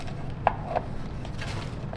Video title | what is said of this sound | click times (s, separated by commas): How to Assemble Your POSGuys 7-Inch Pole Display Kit | This bottom piece can then be snapped into place. | 0.5 s